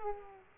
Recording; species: mosquito wingbeat signal from an infrared sensor; Aedes aegypti